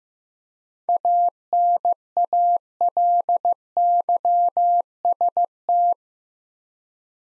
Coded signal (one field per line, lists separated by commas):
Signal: Morse code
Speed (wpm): 15 wpm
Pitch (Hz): 700 Hz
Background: none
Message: ANALYST